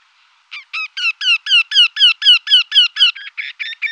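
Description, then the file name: Woodpecker song: a series of loud, harmonic, downslurred notes repeated about four times a second, shifting to rougher, buzzier notes near the end. "دارکوب قهوه ای آواز"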